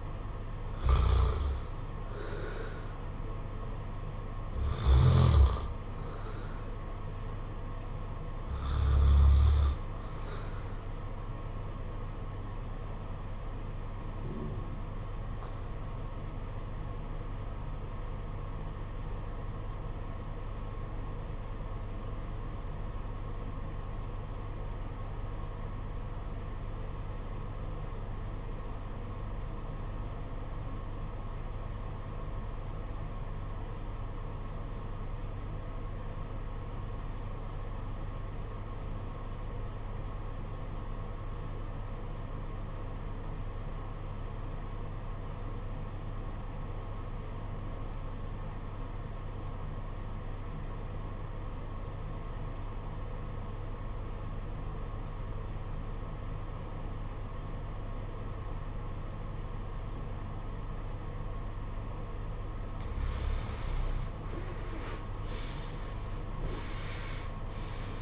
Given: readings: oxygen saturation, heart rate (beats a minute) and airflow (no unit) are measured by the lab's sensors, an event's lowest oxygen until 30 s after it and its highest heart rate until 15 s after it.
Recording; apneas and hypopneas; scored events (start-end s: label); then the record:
breathing in sleep by a smartphone at the bedside; 1
15.00-63.90 s: obstructive apnea (REM, oxygen 95% highest, then 70% lowest, heart rate 52 at the start, 90 highest)
From the record:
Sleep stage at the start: REM sleep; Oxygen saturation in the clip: 71 to 95%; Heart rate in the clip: 51 to 83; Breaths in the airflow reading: 5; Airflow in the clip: -18.0 to 15.5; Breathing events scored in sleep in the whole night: 476 in 9.7 hours asleep